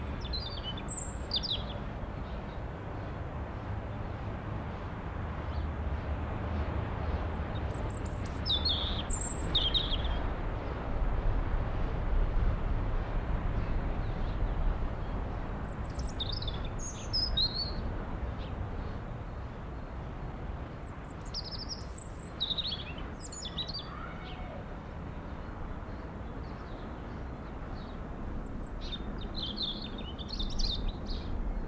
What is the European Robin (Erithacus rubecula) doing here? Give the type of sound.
song